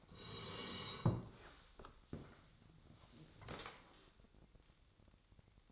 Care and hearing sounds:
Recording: daily activity, microphone in the room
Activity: sit down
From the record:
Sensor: 3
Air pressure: 1000.4 hPa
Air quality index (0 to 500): 168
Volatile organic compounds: 3 ppm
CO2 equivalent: 1468 ppm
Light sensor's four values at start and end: 14/34/14/15 and 15/34/15/15

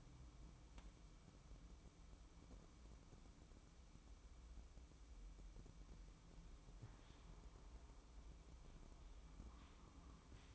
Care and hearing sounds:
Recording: daily activity, microphone in the room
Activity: start toaster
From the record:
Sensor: 1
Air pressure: 1007.2 hPa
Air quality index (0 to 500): 74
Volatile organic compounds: 1 ppm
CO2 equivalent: 657 ppm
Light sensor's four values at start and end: 7/17/7/8 and 8/19/7/8

